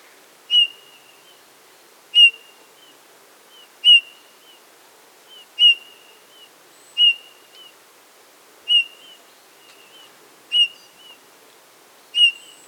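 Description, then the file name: Eurasian bullfinch giving clear, steady whistled notes roughly every one and a half to two seconds, eight main calls with a few fainter whistles in between. "Pyrrhula pyrrhula"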